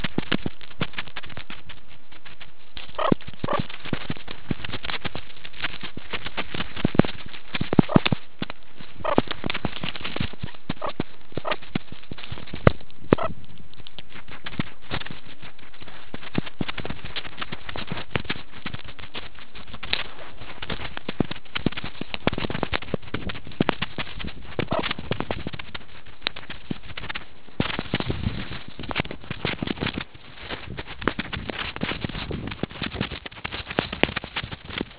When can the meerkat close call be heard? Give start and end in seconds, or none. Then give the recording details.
2.96-3.11, 3.45-3.60, 7.88-8.02, 9.02-9.17, 10.80-10.93, 11.43-11.57, 13.16-13.30, 24.68-24.82. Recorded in the Kuruman River Reserve, South Africa. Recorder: an audio tag on a meerkat's collar